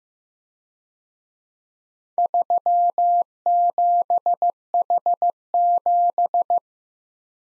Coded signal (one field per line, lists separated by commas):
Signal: Morse code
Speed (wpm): 18 wpm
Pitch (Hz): 700 Hz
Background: none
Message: 37H7